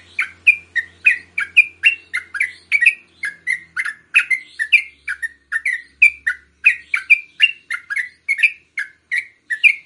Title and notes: MASTERAN Trucukan Tembakan Dan Ropel. BURUNG TRUCUKAN